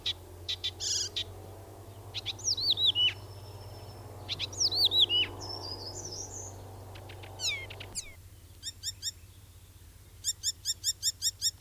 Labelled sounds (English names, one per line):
Icterine Warbler song